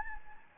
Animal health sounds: mosquito wingbeat signal from an infrared sensor; Anopheles gambiae

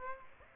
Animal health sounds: mosquito wingbeat signal from an infrared sensor; Aedes aegypti

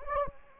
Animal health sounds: mosquito wingbeat signal from an infrared sensor; Anopheles gambiae

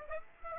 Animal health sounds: mosquito wingbeat signal from an infrared sensor; Aedes aegypti

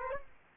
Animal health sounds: mosquito wingbeat signal from an infrared sensor; Aedes aegypti

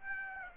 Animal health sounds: mosquito wingbeat signal from an infrared sensor; Aedes aegypti

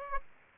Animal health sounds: mosquito wingbeat signal from an infrared sensor; Aedes aegypti

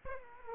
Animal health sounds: mosquito wingbeat signal from an infrared sensor; Aedes aegypti

